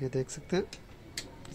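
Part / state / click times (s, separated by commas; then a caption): DP circuit breaker onto panel mounting rail / seated / 1.2 s. A DP circuit breaker is pressed onto its panel mounting rail after its lock clip is lifted, and pushed tight while someone talks. A sharp click at 1.2 s marks the breaker locking onto the rail, followed by a faint tick at about 1.5 s. The breaker is seated and locked.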